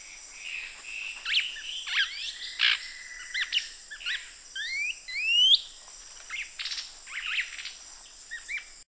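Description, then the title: Cinereous antshrike calls: a mix of sharp rising whistles and short chirps, with a steady high insect hum running throughout. Subspecies glaucus. "LuckyPassaro Completos2Sama. Cinereous Antshrike (Thamnomanes caesius glaucus)"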